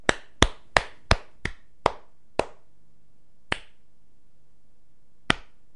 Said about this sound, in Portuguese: acho que Marques Mendes merece não só a dedicatória, mas também uma valente salva de palmas. E aqui está ela.